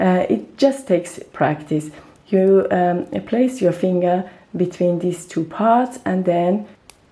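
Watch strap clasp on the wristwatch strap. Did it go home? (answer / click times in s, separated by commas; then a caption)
released / 6.9 s. Someone talks while placing a finger between the two parts of the metal clasp on a Cartier Tank Must wristwatch strap and pressing it. The clasp gives a sharp click at 6.9 s and opens.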